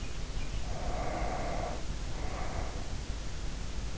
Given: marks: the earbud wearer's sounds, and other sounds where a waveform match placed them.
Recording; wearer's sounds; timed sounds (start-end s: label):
sounds in sleep by an in-ear microphone; breath
0.58-3.29 s: breath